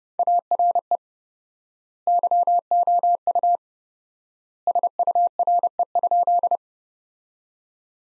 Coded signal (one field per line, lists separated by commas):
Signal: Morse code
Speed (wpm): 30 wpm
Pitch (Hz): 700 Hz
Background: none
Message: ARE YOU SURE?